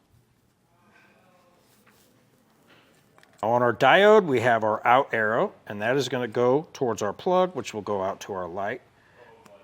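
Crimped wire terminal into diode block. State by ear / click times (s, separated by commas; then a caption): seated / 9.5 s. A crimped wire terminal is pushed into the terminal on a plastic diode block from a Roadmaster 4-diode universal wiring kit for flat-tow wiring on a 2025 Chevrolet Silverado 1500. After quiet handling sounds, someone talks, and the terminal clicks into place at 9.5 s, seating in the diode.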